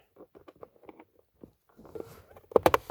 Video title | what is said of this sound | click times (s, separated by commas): 2015 ford Fusion Steering Column and Knee Airbag Replacement | so this one slides in here it snaps | 2.6 s, 2.7 s